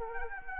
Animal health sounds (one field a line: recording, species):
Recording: mosquito wingbeat signal from an infrared sensor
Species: Anopheles arabiensis